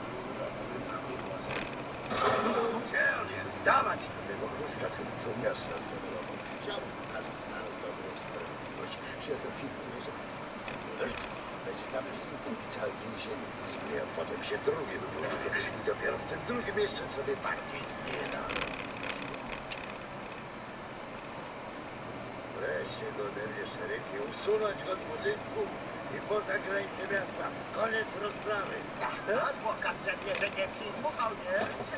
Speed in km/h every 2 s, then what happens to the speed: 29, 32, 32, 32, 27, 24, 19, 23, 24, 26, 23, 28, 29, 29, 28, 21.
0-6 steady at about 32. 6-11 slows to 19. 11-27 steady at about 24. 27-32 slows to 21.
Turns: none.